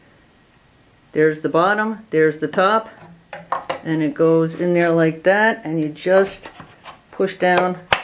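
A slide lock is fitted into the frame of a 2x4 Basics 90110 flip-top table bench and pushed down by hand while someone talks. A few faint handling knocks are heard around 3.3 to 3.7 seconds, but the clip ends before the lock goes home, so nothing has seated or clicked yet.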